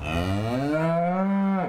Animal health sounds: contact call of a hoofed animal; cattle; low-frequency (closed-mouth) or high-frequency (open-mouth) call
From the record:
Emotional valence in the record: negative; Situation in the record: full separation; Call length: 1.69 s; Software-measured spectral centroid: 1460 Hz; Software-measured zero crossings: 1130 a second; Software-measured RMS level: -24 dBFS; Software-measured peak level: -13 dBFS

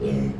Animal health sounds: contact call of a hoofed animal; pig; closed-mouth grunt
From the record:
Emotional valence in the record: negative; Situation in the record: short social isolation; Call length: 0.40 s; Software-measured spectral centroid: 1370 Hz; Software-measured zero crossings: 650 a second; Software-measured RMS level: -24 dBFS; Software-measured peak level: -14 dBFS

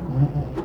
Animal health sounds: contact call of a hoofed animal; goat; low-frequency (closed-mouth) or high-frequency (open-mouth) call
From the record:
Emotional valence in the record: negative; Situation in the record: food frustration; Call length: 0.65 s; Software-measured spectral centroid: 1000 Hz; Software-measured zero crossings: 580 a second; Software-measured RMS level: -23 dBFS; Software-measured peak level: -9 dBFS

